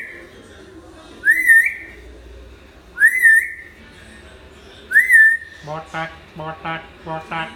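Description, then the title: Hill myna giving three loud wavering whistles about every two seconds, followed by a run of lower, harsher pulsed notes. Actively singing (gacor) hill myna; tutor (masteran) recording for training other birds. "Suara Burung Beo Gacor Cocok Untuk Masteran"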